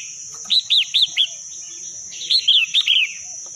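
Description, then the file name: Red-whiskered bulbul song: two quick phrases of four lilting arched chirps each, separated by a brief pause, with a constant high whine. Singing in the wild forest style, called 'giọng rừng'. "tieng chao mao hot giong rung"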